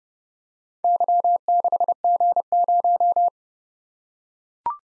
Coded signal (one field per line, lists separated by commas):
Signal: Morse code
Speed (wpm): 30 wpm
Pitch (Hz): 700 Hz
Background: none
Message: Y6G0